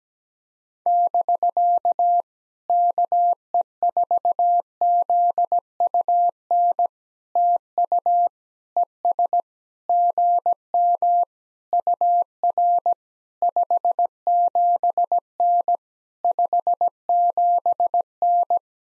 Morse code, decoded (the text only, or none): <BK> KE4ZUN TU ES GM UR 57N 57N